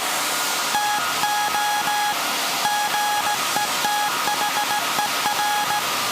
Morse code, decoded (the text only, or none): TOGETHER